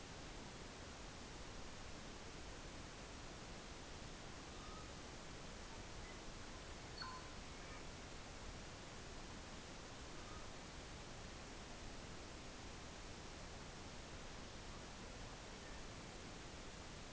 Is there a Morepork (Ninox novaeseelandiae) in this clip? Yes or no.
no